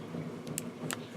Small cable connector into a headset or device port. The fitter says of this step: and I kind of push it in so you hear it click like that